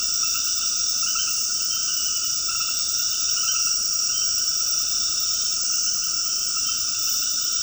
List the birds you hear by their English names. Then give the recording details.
none. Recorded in dense forest near Puerto Asís, Putumayo, Colombia, on 21 February 2024 at 20:30. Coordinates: 0.481, -76.318. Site G6421